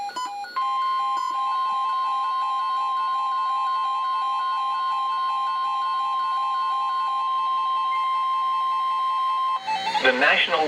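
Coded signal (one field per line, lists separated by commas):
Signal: Emergency Alert System (SAME) tones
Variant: 1050 Hz attention tone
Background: speech, music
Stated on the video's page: NOAA Weather Radio alerts from KHB36 162.550, WXM42 162.475, WNG736 162.450 and KEC83 162.400 MHz, received on Reecom and Sangean radios.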